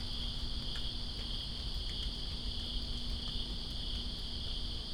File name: Greensboro Crickets And Rain September 02 2017